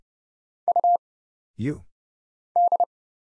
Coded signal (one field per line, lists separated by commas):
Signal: Morse code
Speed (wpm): 30 wpm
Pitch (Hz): 700 Hz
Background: none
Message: U D